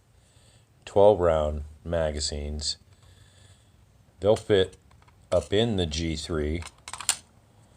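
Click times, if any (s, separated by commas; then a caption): none. Someone talks while a 12-round G2 magazine from a brick-built toy gun is pushed up into the magwell of a G3 toy gun. A quick run of light taps and clatter follows between about 6.9 and 7.1 s. The magazine fits but does not lock into place because it is not tall enough, so nothing has seated or clicked yet.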